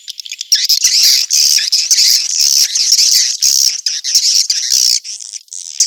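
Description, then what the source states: Swiftlets give loud, sustained, shrill twittering with a warbling, buzzy quality, broken by brief pauses and clicks. Sound used in swiftlet farming in Asia.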